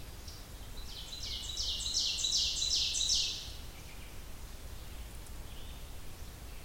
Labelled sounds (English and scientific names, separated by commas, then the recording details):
Ovenbird (Seiurus aurocapilla) song
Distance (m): 30 m
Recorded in boreal forest in Alberta, Canada, on 30 June 2016 at 08:33
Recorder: SongMeter 3, array SBT-6-79
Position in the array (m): 166 m, 40 m
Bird 43